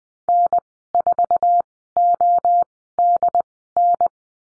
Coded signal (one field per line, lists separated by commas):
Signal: Morse code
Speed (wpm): 20 wpm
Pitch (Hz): 700 Hz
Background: none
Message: N4ODN